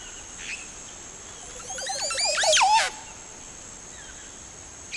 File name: Montezuma Oropendola (Psarocolius montezuma)